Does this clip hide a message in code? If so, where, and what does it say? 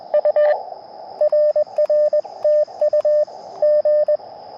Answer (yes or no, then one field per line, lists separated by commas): yes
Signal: Morse code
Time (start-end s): 0.1-4.2 s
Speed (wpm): 24 wpm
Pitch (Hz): 600 Hz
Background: radio noise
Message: U RR TU G